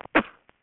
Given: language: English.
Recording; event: throat vibration sensor signal played as sound; cough